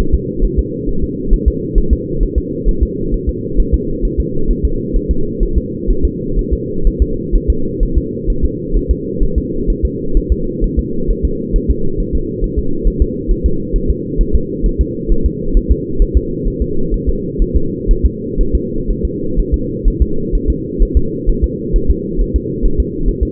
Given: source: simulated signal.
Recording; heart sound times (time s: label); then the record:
fetal heart sounds
0.15 s: S2
0.45 s: S1
0.59 s: S2
0.89 s: S1
1.04 s: S2
1.33 s: S1
1.48 s: S2
1.78 s: S1
1.93 s: S2
2.23 s: S1
2.38 s: S2
2.69 s: S1
2.83 s: S2
3.14 s: S1
3.29 s: S2
3.60 s: S1
3.74 s: S2
4.05 s: S1
4.20 s: S2
4.51 s: S1
4.65 s: S2
4.96 s: S1
5.11 s: S2
5.43 s: S1
5.58 s: S2
5.91 s: S1
6.05 s: S2
6.39 s: S1
6.53 s: S2
6.87 s: S1
7.02 s: S2
7.35 s: S1
7.50 s: S2
7.83 s: S1
7.98 s: S2
8.30 s: S1
8.45 s: S2
8.77 s: S1
8.91 s: S2
9.23 s: S1
9.38 s: S2
9.70 s: S1
9.85 s: S2
10.17 s: S1
10.32 s: S2
10.64 s: S1
10.79 s: S2
11.10 s: S1
11.25 s: S2
11.56 s: S1
11.71 s: S2
12.00 s: S1
12.15 s: S2
12.44 s: S1
12.59 s: S2
12.88 s: S1
13.02 s: S2
13.31 s: S1
13.46 s: S2
13.76 s: S1
13.90 s: S2
14.21 s: S1
14.35 s: S2
14.66 s: S1
14.81 s: S2
15.12 s: S1
15.26 s: S2
15.57 s: S1
15.72 s: S2
16.02 s: S1
16.17 s: S2
16.48 s: S1
16.62 s: S2
16.94 s: S1
17.09 s: S2
17.42 s: S1
17.56 s: S2
17.91 s: S1
18.06 s: S2
18.41 s: S1
18.55 s: S2
18.90 s: S1
19.05 s: S2
19.40 s: S1
19.54 s: S2
19.88 s: S1
20.02 s: S2
20.35 s: S1
20.50 s: S2
20.83 s: S1
20.97 s: S2
21.30 s: S1
21.44 s: S2
21.76 s: S1
21.91 s: S2
22.21 s: S1
22.36 s: S2
22.66 s: S1
22.80 s: S2
23.09 s: S1
23.23 s: S2
From the record:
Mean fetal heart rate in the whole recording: 130 bpm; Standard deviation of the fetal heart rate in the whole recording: 4 bpm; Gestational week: 38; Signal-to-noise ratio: -8.1 dB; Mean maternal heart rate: 72 bpm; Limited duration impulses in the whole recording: absent